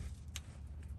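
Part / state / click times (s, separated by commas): wiring harness connector onto speedometer sensor / seated / 0.4 s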